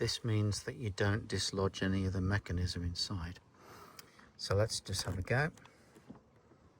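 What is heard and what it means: Someone talks while handling the habitation door of a Dethleffs Esprit motorhome, whose lock had a broken spring that has been replaced, as the door is about to be closed so its latch clicks shut into its catch. Speech fills most of the clip, with a quieter stretch of low noise midway. Nothing has seated or clicked yet when the clip ends.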